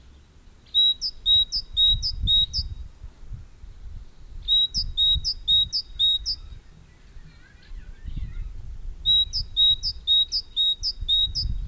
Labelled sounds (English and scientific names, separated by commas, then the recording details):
Great Tit (Parus major) song
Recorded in the wild
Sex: male
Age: adult
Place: Garmisch-Partenkirchen, Bayern, DE
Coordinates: 47.4892, 11.1467
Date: 1964-03-30
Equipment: Vollspur
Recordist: Tretzel, Erwin
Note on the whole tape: Pfeiffer-Alm: Kohlmeise: "ziwe...."; "wieh-z"; "bi-z bi-z"